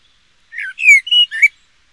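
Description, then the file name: Eurasian blackbird song phrase: a brief fluty slur followed by a few squeaky, chattering high notes, then silence. "kos Turdus merula"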